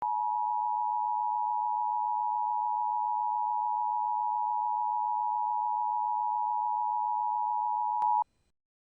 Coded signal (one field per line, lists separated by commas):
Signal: Emergency Alert System (SAME) tones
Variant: 853 and 960 Hz attention tone